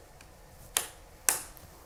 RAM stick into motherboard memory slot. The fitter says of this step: I think I heard it click I think sounds good